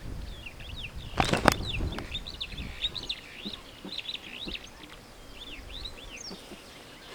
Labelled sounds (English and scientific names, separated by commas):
Superb Starling (Lamprotornis superbus) flight call